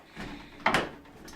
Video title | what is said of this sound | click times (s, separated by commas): 20181219 115223 | hair it click and that's locked that is how that then stays locked so | 0.7 s